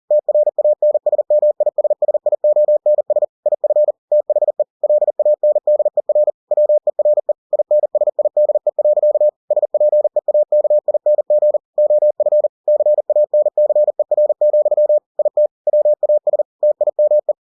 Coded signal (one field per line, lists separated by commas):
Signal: Morse code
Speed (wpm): 40 wpm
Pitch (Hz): 600 Hz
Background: none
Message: TRANSMISSIONS IF THE LANDER WERE INSIDE. SPEAKING OF CANCER, IT WAS TIME